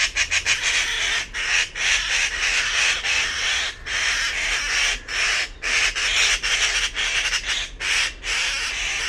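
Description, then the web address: Bird gives rough, grating calls in long dense runs separated by short gaps. "cianscape birddata Deverinetal"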